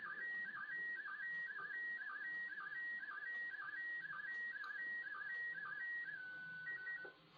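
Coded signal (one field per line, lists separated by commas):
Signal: SSTV (slow-scan television)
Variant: PD 120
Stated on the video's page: SSTV images from the International Space Station, received on a high elevation pass.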